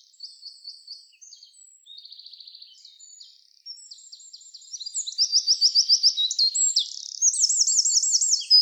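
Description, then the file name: Eurasian wren song starting soft with quick high notes and a short trill, then swelling into louder rapid trills and looping warbled phrases. "Troglodytes troglodytes"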